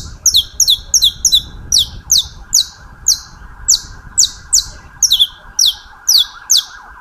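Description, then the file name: Saffron finch giving rapid clusters of high, downward-sliding chirps, then single notes spaced about every half second, over a constant background hum. "Canto-do-Canário-da-Terra"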